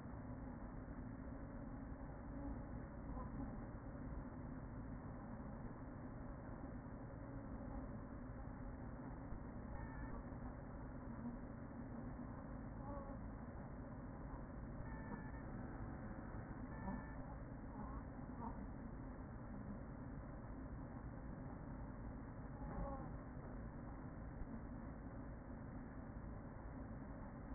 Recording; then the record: honeybee colony, microphone inside the hive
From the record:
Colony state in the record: queen present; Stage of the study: after two queens were removed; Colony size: about 40,000 bees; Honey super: no